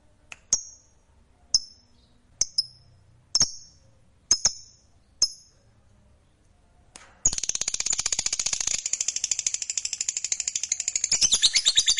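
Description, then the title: Lovebird giving several separate sharp high chirps with pauses, then launching into a long, rapid, high-pitched buzzy chatter. "Suara Lovebird"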